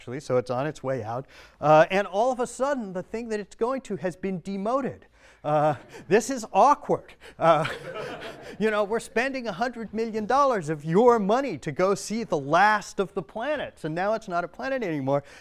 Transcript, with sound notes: So it's on its way out, and all of a sudden, the thing that it's going to has been demoted. This is awkward. [Laughter.] You know, we're spending 100 million dollars of your money to go see the last of the planets, and now it's not a planet anymore.